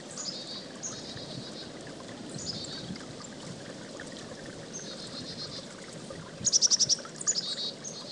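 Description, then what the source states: Chickadee giving buzzy dee notes early and a quick burst of high, clipped notes near the end, all over a steady rushing creek. Recorded beside a creek.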